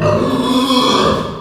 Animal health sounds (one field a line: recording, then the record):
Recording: squeal of a Yucatan mini pig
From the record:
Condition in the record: after surgery on the right vocal fold (resection and tissue-engineered implant)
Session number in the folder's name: 17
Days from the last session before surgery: 195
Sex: female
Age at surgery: 19 weeks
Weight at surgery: 25 kg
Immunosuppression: prednisolone